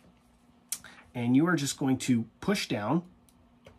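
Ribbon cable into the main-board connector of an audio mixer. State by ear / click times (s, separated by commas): not seated / none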